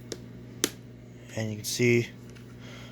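A plastic wheel part of a Eureka TheBoss Superlite vacuum base is slid into notched grooves on either side and pressed until it snaps into place. Two sharp clicks are heard at 0.1 s and 0.6 s, and then someone talks over a low steady hum. The wheel assembly is seated in the grooves.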